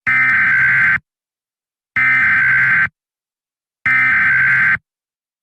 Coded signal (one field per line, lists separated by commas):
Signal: Emergency Alert System (SAME) tones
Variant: header bursts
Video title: Monkeyville Police Dep@rtment Emergency Alert System 6610